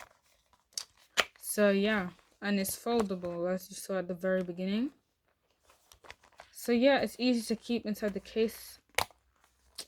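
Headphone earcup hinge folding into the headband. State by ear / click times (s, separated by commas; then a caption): seated / 9.0 s. A plastic headphone earcup hinge is folded into the headband so the headphones fit in their case, while someone talks. The hinge snaps into its folded position with a sharp click at 9.0 s and is seated, though it seems easy to break.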